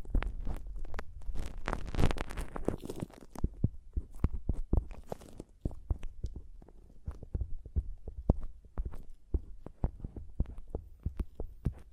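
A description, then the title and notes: Tapping and scratching on a microphone, with a dense, busy scrape in the first three seconds that rises to a loud peak around two seconds. After that come sharp, separate taps at an uneven pace, several per second, with quieter rubbing between them and a low thump under each. ASMR Mic Tapping and Scratching (No Talking).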